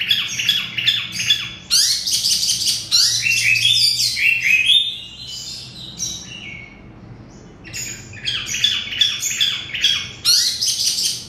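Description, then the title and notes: Oriental magpie-robin singing dense bursts of rapid chirps and rich whistles, interrupted by a short quieter pause before the phrases resume. "Kicau Kacer. manukmanukan"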